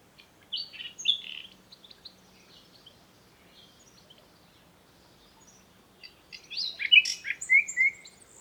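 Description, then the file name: Common nightingale song: short bursts of chirps and whistles, a long quiet gap, then a louder varied run of sharp notes and slurred whistles. "Luscinia megarhynchos"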